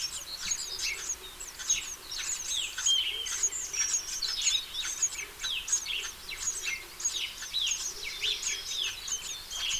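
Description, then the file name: House sparrow chirping calls, a dense chorus of short overlapping chirps from several birds, continuous throughout with no pauses. "Passer domesticus"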